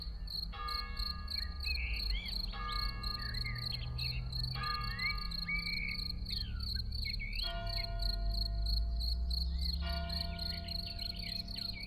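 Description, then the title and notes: Field cricket trilling in steady pulses beneath ringing church bells, blackbird song phrases and a low background rumble. Early summer in a small village, Ettenkirch near Lake Constance, recorded over 14 years ago with Edirol R1 and OKM I microphones; blackbirds and church bells in background. "Ettenkirch near lake Constance - Early summer scene in a small village. Frühsommerszene in einem kleinen Dorf in der Nähe des Bodensees: Feldgrille, Amseln, Kirchenglocken, Stimmen und einige Autos im Hintergrund"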